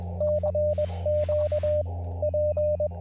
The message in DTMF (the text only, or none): none